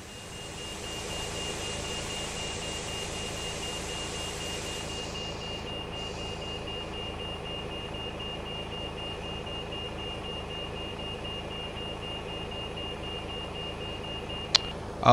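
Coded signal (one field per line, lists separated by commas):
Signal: none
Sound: stream alert beeps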